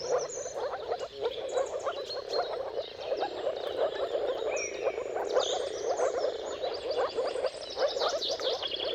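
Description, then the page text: Chorus of moor frogs, low bubbling pulses packed densely, while birds add scattered whistled and chirping phrases. Chorus of moor frog mating calls at sunrise, at the turn of March and April, timing depending on the weather. "Dawn’s Chorus: Mating Calls of Marsh Frogs at Sunrise. Depending on the weather at the turn of March and April, you can witness an amazing spectacle of moor frogs. Jakub-Orzecki moor frogs"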